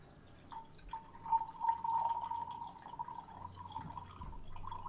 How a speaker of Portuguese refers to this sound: Eu posso colocar, eu diluí em água, mas eu posso colocar ele aqui concentrado, ó. Tá aqui, tá lá. E eu posso virar esse líquido agora aqui, ó.